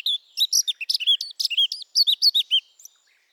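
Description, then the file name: Eurasian blackcap song: a quick, unbroken run of high chirps and slurred whistled notes for about three seconds, then quiet. "Sylvia atricapilla"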